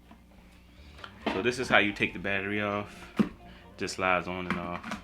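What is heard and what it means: The intelligent flight battery of a DJI Mavic Air 2 drone is being handled and slid on and off the drone body while someone talks. Faint handling sounds are heard, with a brief tick near 1.0 s. Nothing has seated or clicked yet, because the clip ends before the battery latches home.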